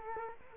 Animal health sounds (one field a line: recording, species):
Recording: mosquito wingbeat signal from an infrared sensor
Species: Culex quinquefasciatus